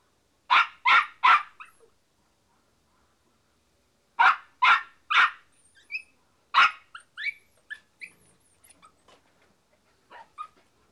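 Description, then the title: Dog barking in short bursts: a few quick barks, a pause, then another volley of barks fading into softer yips and whines. "NHK Sound Effects Collection - 3-Frogs, Crickets, Cicadas, Horses, Dogs"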